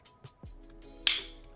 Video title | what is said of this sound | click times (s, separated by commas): Samsung Galaxy S24 Case - OtterBox Defender Series | if I push it in hard enough, it will click in, and now it's holding in place | 1.1 s